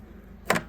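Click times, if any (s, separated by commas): 0.5 s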